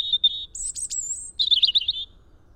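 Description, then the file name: European robin singing a brief phrase: a steady thin whistle, then a very high scratchy flourish and a rippling trill, with soft background rumble. "Erithacus rubecula"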